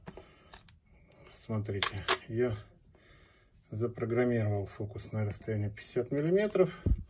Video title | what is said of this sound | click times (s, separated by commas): M42-Nikon with AF PROGRAMMABLE dandelion chip. (Для Константина П.) | против за счет стрелке до щелчка смотрите | 0.7 s